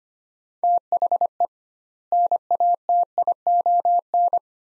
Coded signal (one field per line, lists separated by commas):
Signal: Morse code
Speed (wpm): 25 wpm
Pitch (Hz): 700 Hz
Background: none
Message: THE NATION